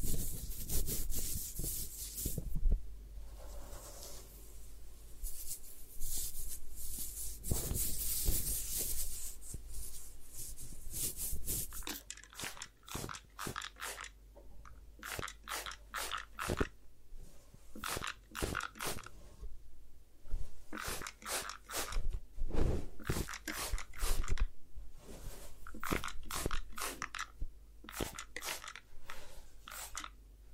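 Hair washing and scalp massage during a head spa session, with dense rubbing and scratching through the first ten seconds. After that come rapid, irregular crisp clicks and taps, bunched in quick bursts, over a low steady hum.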